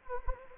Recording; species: mosquito wingbeat signal from an infrared sensor; Anopheles gambiae